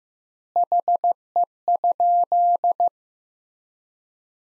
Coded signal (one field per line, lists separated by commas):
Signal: Morse code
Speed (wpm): 15 wpm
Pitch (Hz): 700 Hz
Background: none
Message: HE?